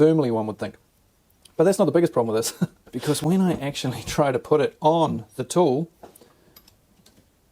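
Someone talks while trying to fit a knockoff Starlock oscillating blade onto the Starlock tool mount of a Fein MultiMaster multi-tool. Afterward, light metallic ticks sound as the metal blade is pushed against the mount. The blade will not go on, and nothing has seated or clicked into place.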